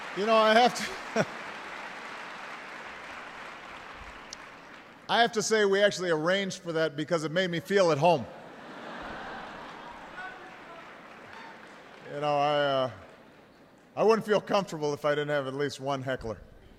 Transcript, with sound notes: You know, I have to say we actually arranged for that, because it made me feel at home. (Laughter.) I wouldn’t feel comfortable if I didn't have at least one heckler.